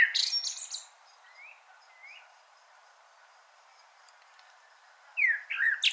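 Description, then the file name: Blackbird song: a high twittering phrase end, two soft rising whistles, then a new fluted phrase with scratchy high notes. "Turdus merula"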